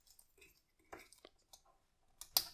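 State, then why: Seated. The upper leg slider of a ZetaToys ZC04 Fly Fire plastic transforming robot figure is slid all the way back, the action a bit tight, with a few soft scraping and ticking sounds along the way. A brief tick sounds at 2.2 s, then a sharp, loud click at 2.4 s as the slider locks into place.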